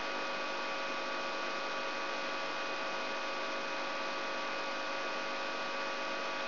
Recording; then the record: brain microelectrode recording played as sound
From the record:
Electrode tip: outside the subthalamic nucleus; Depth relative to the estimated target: -6 mm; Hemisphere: right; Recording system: AlphaMap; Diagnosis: Parkinson's disease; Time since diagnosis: 23 years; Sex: male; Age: 65 years